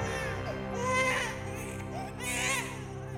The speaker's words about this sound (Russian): Только акустика, только результат. И младенец закричал.